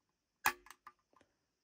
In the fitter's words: you hear that click. There you go. That means it's locked.